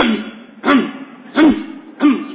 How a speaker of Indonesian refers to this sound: Kok batuknya jadi nular ini, masjid ini.